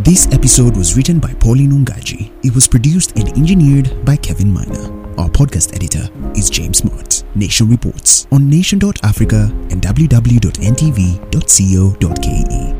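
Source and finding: Adult narrator. Fluent speech.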